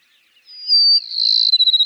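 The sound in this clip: Cassin's sparrow song fragment: a sustained high whistle runs into a buzzy, pulsing trill, with faint chirps beneath.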